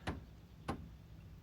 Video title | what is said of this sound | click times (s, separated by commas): Changing The Headlight Assembly in a 2008 Chevrolet Equinox | push where the pins are and they will snap into place | 0.1 s, 0.7 s